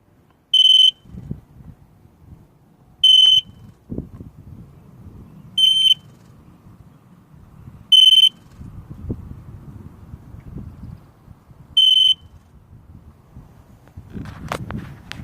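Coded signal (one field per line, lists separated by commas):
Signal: beep code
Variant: Sea-Doo DESS key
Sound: five short high warbling beeps a few seconds apart over low rumbling noise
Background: low rumble, handling noise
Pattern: 5 short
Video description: When key is in dess I only get beeps and no start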